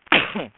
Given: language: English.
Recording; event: throat vibration sensor signal played as sound; cough